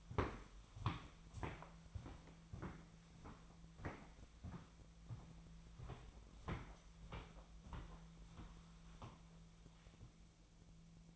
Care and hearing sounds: daily activity, microphone in the room; walk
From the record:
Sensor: 1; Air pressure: 1008.4 hPa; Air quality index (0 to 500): 190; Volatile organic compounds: 17 ppm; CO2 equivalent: 2581 ppm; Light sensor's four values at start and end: 19/48/20/23 and 19/48/19/23

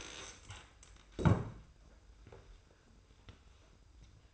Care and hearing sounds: daily activity, microphone in the room; stand up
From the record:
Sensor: 2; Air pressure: 990.3 hPa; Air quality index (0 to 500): 181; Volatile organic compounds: 1000 ppm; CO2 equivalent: 5743 ppm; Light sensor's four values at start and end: 23/52/22/23 and 31/70/29/29

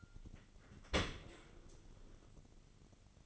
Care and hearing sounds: daily activity, microphone in the room; open dishwasher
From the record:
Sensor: 4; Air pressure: 1003.9 hPa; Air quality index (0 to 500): 151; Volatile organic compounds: 2 ppm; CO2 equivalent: 1079 ppm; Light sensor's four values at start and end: 24/59/25/27 and 26/63/26/29

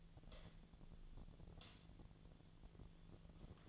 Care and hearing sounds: daily activity, microphone in the room; light on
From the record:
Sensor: 4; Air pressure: 1010.7 hPa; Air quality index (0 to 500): 170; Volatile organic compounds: 5 ppm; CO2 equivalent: 1725 ppm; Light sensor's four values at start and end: 39/111/44/45 and 39/112/45/45

